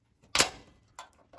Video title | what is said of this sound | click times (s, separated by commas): Amana Wall Oven Door Switch Repair | this should just push right into that hole and lock into place. | 1.0 s